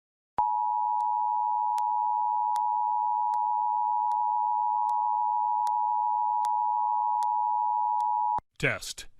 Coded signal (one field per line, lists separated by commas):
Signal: Emergency Alert System (SAME) tones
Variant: 853 and 960 Hz attention tone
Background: speech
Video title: EAS Alerts from 10/17/22 to 10/20/22 [EAS #96-100!!]